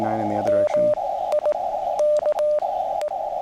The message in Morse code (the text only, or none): MIKE